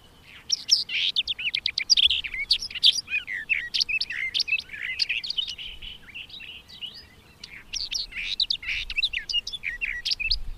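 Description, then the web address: Barred warbler giving a long, dense, scratchy warble of rapid chattering and clicking notes, barely pausing over ten seconds. "agykontroll Madardalok Cd 2. Karvalyposzáta"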